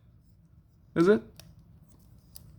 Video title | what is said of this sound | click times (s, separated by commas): Review for Transformers Crimsonflame Year of the Dragon 2024 | Why is it not latching? | none